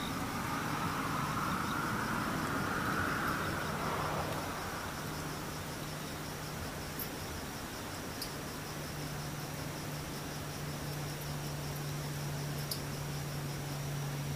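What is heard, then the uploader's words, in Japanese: Cicadas and insects keep up a thin, steady high whine through the whole 14 seconds, behind a constant rushing hiss. A vehicle passes in the first four seconds, then a low engine-like hum holds on, with a few faint ticks near 7, 8 and 13 seconds. セミムシ。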